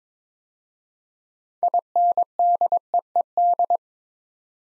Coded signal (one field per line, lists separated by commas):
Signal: Morse code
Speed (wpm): 22 wpm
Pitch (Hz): 700 Hz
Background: none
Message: INDEED